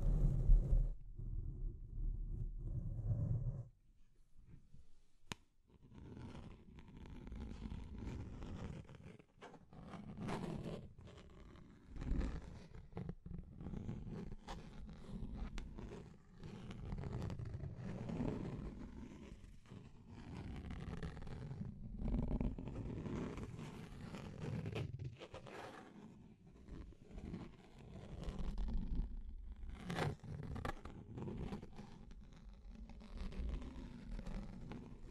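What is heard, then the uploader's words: Deep scratching runs almost the whole way through, a dense, rough scraping weighted toward low, grainy tones. It pulses unevenly, with frequent short bright rasps and sharp ticks, notably around 5, 10, 25 and 30 seconds. A brief quieter gap falls near 4 seconds. Deep Scratching. (No Talking).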